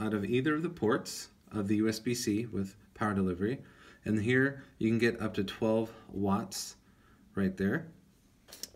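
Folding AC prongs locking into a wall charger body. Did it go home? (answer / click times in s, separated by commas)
yes / 8.6 s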